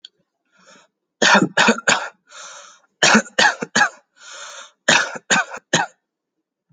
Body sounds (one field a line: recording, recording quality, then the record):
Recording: shallow voluntary cough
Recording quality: excellent, no background noise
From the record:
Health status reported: healthy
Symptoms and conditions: none ticked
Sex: male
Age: 25 years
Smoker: not ticked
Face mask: not worn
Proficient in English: yes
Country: United States